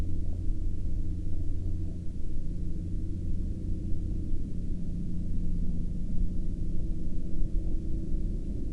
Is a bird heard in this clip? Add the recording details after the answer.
no. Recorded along the Dalton Highway, Alaska, on 23 April 2019 at 14:52. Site 09